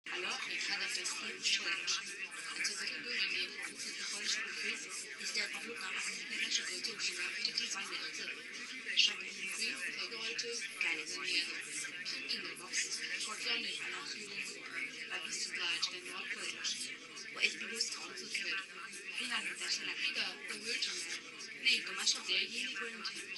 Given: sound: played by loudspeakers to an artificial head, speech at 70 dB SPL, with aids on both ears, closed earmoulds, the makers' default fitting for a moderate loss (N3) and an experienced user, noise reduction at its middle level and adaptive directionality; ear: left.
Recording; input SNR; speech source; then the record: speech test signal (ISTS) in cocktail-party noise; -3 dB; on the right (90 degrees)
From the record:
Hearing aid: class 2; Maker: H